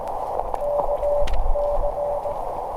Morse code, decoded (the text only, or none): KC